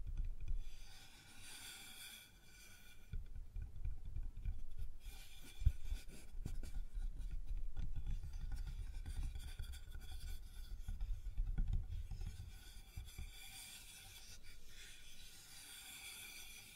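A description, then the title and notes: Sounds on a wooden surface: a low, uneven rumble of rubbing and scraping that swells and fades, loudest from about 6 to 12 seconds, with a sharp knock near 5.7 seconds. Brighter hissy scraping shows at the start and again toward the end. ASMR Sounds on Wooden Surface (No Talking).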